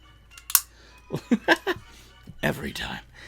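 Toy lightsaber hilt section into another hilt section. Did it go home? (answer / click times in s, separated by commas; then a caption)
yes / 0.6 s. A plastic toy lightsaber hilt section is twisted onto another hilt section, and its spring-loaded buttons lock it into place with a sharp, loud click at 0.6 s, following two small ticks just before. Someone then talks over a faint background hum.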